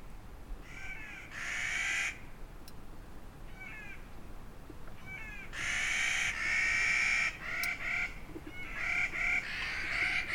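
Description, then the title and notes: Clark's Nutcracker harsh, grating drawn-out calls in long bursts, over a steady rushing background hiss. Family group counter-singing, recorded at 2500 meters in July in the Eagle Cap Wilderness, Oregon. "a counter-singing family band of Clark's Nutcrackers (Columiana nucifraga). recorded at 2500 meters, JULY, Eagle Cap Wildeness, OREGON."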